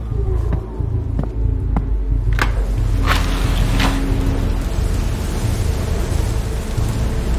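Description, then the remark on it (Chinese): Steady, loud rain hisses continuously over a low, blustery rumble of wind outside a villa, with a few sharp ticks and spatters in the first few seconds and no voices. “窗户是从里面锁着的，而且外面刮风下雨，窗台上也没有跳窗逃跑的痕迹”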